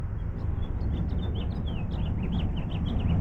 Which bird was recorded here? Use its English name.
House Finch